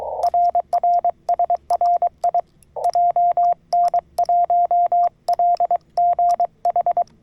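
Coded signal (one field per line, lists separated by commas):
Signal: Morse code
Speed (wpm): 23 wpm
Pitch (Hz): 700 Hz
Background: radio noise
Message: RR SRI JN1LGH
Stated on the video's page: SOTA/POTA summit and park activation, FTX-1F at 10W, RHM12 antenna, 40m and 2m, BaMaKeY TP-III paddle.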